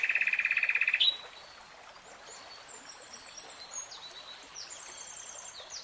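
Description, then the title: Nightingale song: a loud, fast-pulsed trill for about a second that jumps up in pitch at its end, then faint high notes over a steady rush like running water. Singing; real-time recording. "Tiếng chim hót Nightingale Singing"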